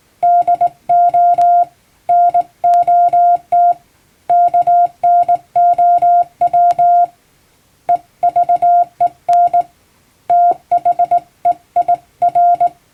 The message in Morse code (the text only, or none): DO NOT KNOW EVEN THEIR